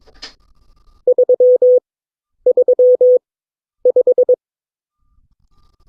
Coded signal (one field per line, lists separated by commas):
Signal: Morse code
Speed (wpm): 21 wpm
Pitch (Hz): 500 Hz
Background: none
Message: 335